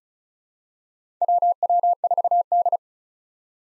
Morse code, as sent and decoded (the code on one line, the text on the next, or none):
.-- .-- ....- -..
WW4D